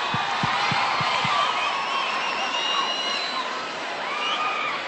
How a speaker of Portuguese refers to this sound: Uma salva de palmas